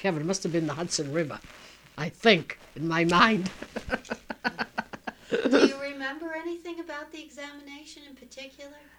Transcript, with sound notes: It must have been the Hudson River. I think, in my mind. ( she laughs )
Do you remember anything about the examination in particular?